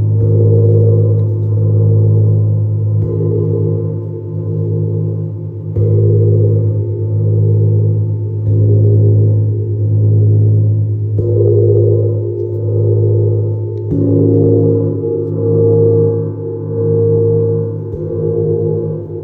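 A Neptune gong is struck about every three seconds, each stroke blooming into a deep, humming roar that swells and sustains before the next hit. The tone stays low and dark with a shimmering wash above, and the strokes overlap so the sound never fully dies away.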